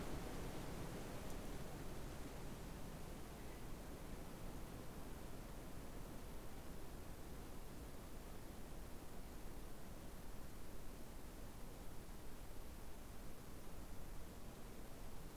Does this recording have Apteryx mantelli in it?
no